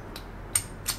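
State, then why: Released. The inner piece of a Hanayama Knight cast-metal chess puzzle (Level 2/3, by BePuzzled) is worked through its second secret and comes out of its outer shell. A faint tick at 0.2 s is followed by a sharp metallic click at 0.6 s as the piece pops apart, then a softer bright click near 0.9 s. The puzzle is released.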